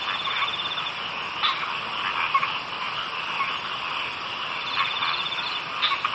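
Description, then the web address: Frog chorus of rattling, pulsed croaks with a steady background trill and occasional louder sharp clicks from callers. "kaeru frog"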